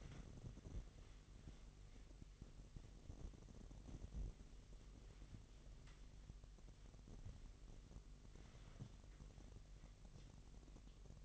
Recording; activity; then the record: daily activity, microphone in the room; wipe stove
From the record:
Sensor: 4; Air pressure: 1001.7 hPa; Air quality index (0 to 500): 248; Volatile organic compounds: 41 ppm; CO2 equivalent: 3158 ppm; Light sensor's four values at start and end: 8/19/7/6 and 8/18/7/6